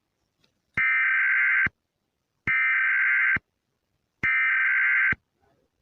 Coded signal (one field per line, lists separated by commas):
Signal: Emergency Alert System (SAME) tones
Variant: header bursts